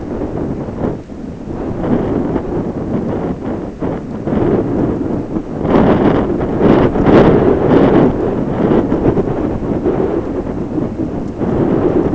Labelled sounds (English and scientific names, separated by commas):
none